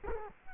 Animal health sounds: mosquito wingbeat signal from an infrared sensor; Culex quinquefasciatus

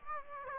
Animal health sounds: mosquito wingbeat signal from an infrared sensor; Aedes aegypti

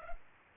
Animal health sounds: mosquito wingbeat signal from an infrared sensor; Culex pipiens

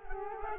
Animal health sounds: mosquito wingbeat signal from an infrared sensor; Culex quinquefasciatus

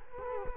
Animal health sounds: mosquito wingbeat signal from an infrared sensor; Culex quinquefasciatus

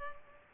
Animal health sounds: mosquito wingbeat signal from an infrared sensor; Culex pipiens

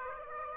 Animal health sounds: mosquito wingbeat signal from an infrared sensor; Aedes aegypti

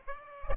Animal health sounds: mosquito wingbeat signal from an infrared sensor; Aedes aegypti

